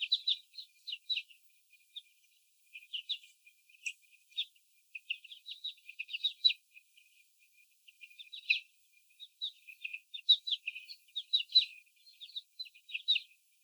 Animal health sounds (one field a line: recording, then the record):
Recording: young laying hens in a cage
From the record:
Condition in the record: before the stressor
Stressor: sudden umbrella opening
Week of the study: 3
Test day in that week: 2